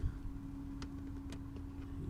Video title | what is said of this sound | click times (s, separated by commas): How to Replace Ignition Coils: 2016-2024 Nissan Titan – Easy DIY Guide | You can kind of hear it snap. | 0.8 s